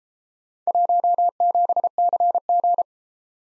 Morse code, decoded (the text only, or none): 17CG